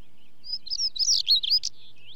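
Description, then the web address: Stonechat song: a brief, scratchy, high warble of quick jumbled notes lasting about a second, with faint low hum beneath. "BBC Sound Effects Library Stonechat, Song With Chaffinch"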